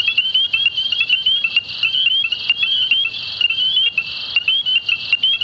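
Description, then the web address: Tree frog calling in rapid trilled bursts of bright, high notes, repeated with short pauses between them. "frogs Family Hylidae"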